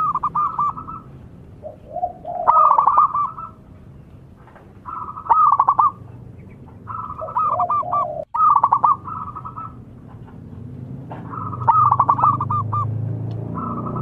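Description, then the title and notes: Zebra dove cooing song, rapid rolling trilled coos in repeated phrases, with a second lower dove cooing between them and a low hum underneath. Zebra dove (perkutut) described as gacor, singing persistently. "Pancingan Perkutut Durasi Panjang. Suara Burung Perkutut Gacor"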